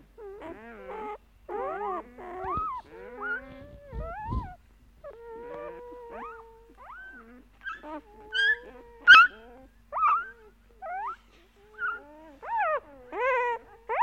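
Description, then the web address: Dog whimpering with drawn-out, wavering whines and short yelps, a few sharper cries near the middle, the calls coming in uneven bursts. "animali cani cani dog"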